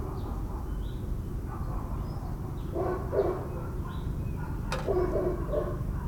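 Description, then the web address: Dog barking in short muffled bursts near the middle and end, over a steady low rumble, with small birds chirping high above. Suburban morning ambience with dogs and birds. "boom library Urban and Suburban. Suburban morning dogs birds"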